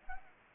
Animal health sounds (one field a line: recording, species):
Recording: mosquito wingbeat signal from an infrared sensor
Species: Anopheles gambiae